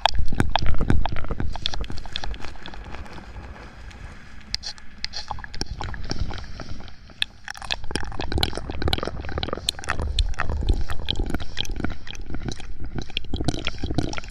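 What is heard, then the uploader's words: Close mouth sounds and handling of a microphone: wet clicks, smacks and taps come in quick, irregular bursts throughout, with low thumps underneath. Activity thins briefly around seven seconds, then resumes, denser and busier, with rubbing and gripping noises to the end. Mouth sounds + mic pumping, swirling, tapping, and gripping.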